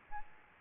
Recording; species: mosquito wingbeat signal from an infrared sensor; Aedes albopictus